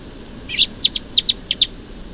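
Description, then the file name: Eurasian blackbird giving a brief burst of sharp, ticking call notes, paired and quickly repeated, with soft background noise. "Turdus merula"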